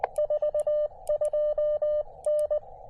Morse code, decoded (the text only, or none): 42N